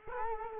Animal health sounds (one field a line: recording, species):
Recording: mosquito wingbeat signal from an infrared sensor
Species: Culex quinquefasciatus